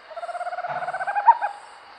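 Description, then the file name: Owl song: a rapid run of soft hollow hoots, growing louder before ending; quiet background. "Canto da coruja do norte"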